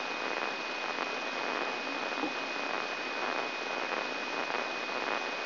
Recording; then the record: brain microelectrode recording played as sound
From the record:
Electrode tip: inside the subthalamic nucleus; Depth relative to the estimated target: -3.66 mm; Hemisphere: left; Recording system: AlphaMap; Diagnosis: Parkinson's disease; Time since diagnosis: 24 years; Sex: male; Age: 67 years